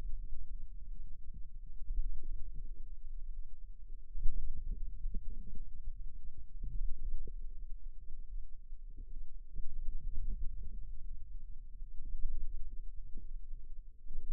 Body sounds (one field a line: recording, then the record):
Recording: forearm muscle sounds (acoustic myography)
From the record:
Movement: ulnar deviation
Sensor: system 2, bracelet of six BSWA MPA416 microphones around the upper forearm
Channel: 1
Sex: female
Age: 22 years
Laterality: right